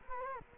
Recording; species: mosquito wingbeat signal from an infrared sensor; Culex quinquefasciatus